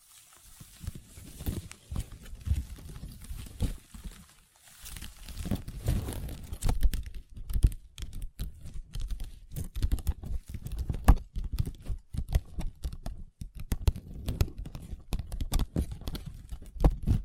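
Long nails tap and scratch on a table, with no talking. Soft, low scratching strokes fill the first six seconds, broken by a brief pause near five seconds; after that, sharp clicking taps come quickly and irregularly, mixed with short scraping rubs until the end.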